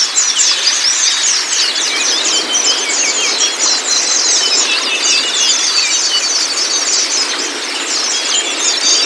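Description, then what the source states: White-eye song: dense high twittering and chirps, continuous and busy throughout, with no pauses. Meant to get a pleci to open its beak and start singing; 'masteran' training for the bird.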